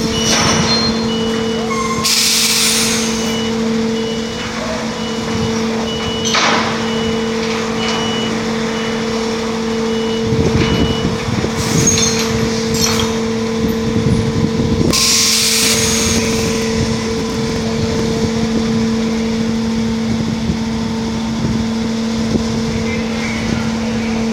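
Lorries loading a ferry at Dover: a steady low engine hum with a constant drone, broken by bright hissing bursts near 2 and 15 seconds.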